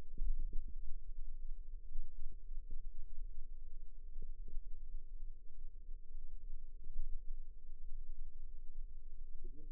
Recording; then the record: forearm muscle sounds (acoustic myography)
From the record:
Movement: rest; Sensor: system 2, bracelet of six BSWA MPA416 microphones around the upper forearm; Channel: 2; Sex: female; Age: 21 years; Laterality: right